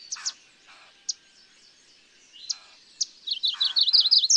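Bird song: isolated high chips with softer lower calls, ending in a fast sequence of looping, bouncy notes.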